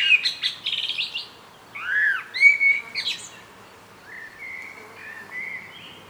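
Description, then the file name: Common blackbird song: scratchy high twitter, then arched fluty notes, followed by softer whistled notes. "Turdus merula"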